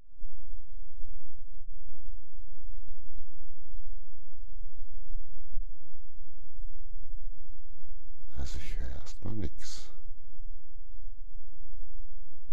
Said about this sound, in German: Aber es sind ein paar Sekunden quasi aus dem Rauschspektrum, was so ein Bärtierchen unter Wasser hört. So rauscht quasi die Umgebung eines Bärtierchens.